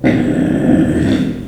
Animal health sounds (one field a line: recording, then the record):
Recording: squeal of a Yucatan mini pig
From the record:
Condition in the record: after surgery on the right vocal fold (resection and tissue-engineered implant)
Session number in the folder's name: 3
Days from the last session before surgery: 21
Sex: female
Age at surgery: 19 weeks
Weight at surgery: 25 kg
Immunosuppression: prednisolone